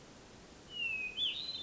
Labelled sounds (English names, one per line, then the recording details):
Hermit Thrush
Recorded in Sonoma County, California